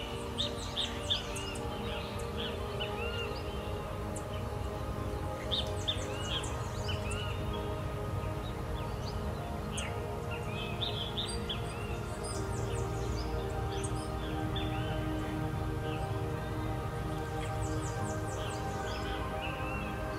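Meditation music with birdsong: a steady, sustained bed of low held tones and drones runs unchanged throughout. Over it, birds chirp and trill in frequent bright bursts, with quick descending whistles clustering around the start, middle and near the end.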